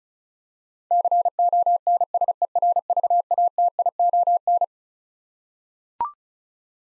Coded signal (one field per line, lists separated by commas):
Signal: Morse code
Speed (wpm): 36 wpm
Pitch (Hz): 700 Hz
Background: none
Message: CONSERVATION